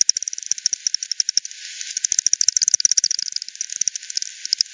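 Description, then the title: Bat echolocation calls: a fast, steady run of sharp ticking clicks, several per second throughout, thickening into a dense rattle near the middle. Multiple bats at Hogsmill River, Hogsmill Lane, recorded 7 October 2020 at 18:10; frequency-divided by ten, bandpass filtered and resampled. "bat 20201007 T 18 : 10 Z-Hogsmill-Lane-Hogsmill-River-multiple-bats-FD 10"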